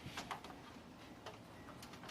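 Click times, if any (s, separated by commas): none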